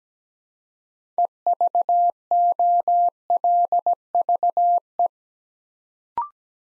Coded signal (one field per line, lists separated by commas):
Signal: Morse code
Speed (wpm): 17 wpm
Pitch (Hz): 700 Hz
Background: none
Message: EVOLVE